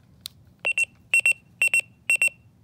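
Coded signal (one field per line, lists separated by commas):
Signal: pager alert tone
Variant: Apollo VP-101 pager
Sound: four quick double beeps, high-pitched, evenly spaced about half a second apart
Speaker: power's up and everything great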